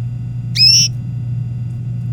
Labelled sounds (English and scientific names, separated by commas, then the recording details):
Domestic Canary (Serinus canaria) song
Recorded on 24 April 2018 at 18:28
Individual llb3